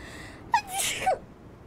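A single sneeze: a sharp voiced inhaled catch, then a brief hissing burst, ending in a short vocal tail.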